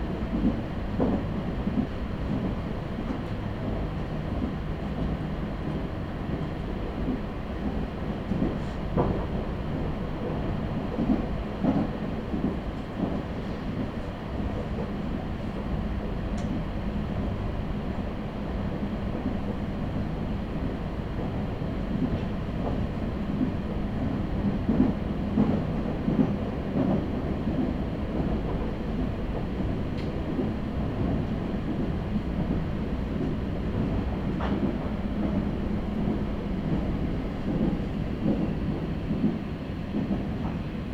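A Meitetsu Nishio Line train ride, heard as a steady low rumble and drone that holds at an even level for the whole stretch. Faint rattles and brief clicks surface now and then, with a few sharper ticks around 16 and 34 seconds.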